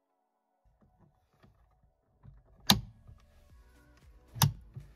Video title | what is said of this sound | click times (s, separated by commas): LENKSTOCKSCHALTER (SZL) wechseln - BMW F-Modelle - Mit CODIERUNG | because you also plug the airbag back in and push it in Carefully insert its position until you hear the click on both sides, | 2.7 s, 4.4 s